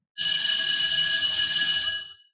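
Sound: alarm bell ringing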